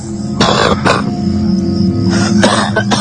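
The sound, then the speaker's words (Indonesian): A man coughs very close by in harsh, raspy bursts, with a strained cough around the first second, another near two and a half seconds, and rough throaty noise between them. “Dan terdengar suara batuk seorang pria dan itu berada sangat dekat denganku.”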